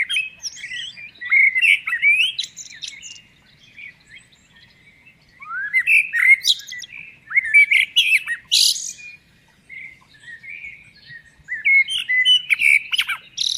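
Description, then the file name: Common blackbird song in several bursts: fluty warbling notes sliding up and down, ending in shrill scratchy twitters, with short silences between phrases. "Turdus merula"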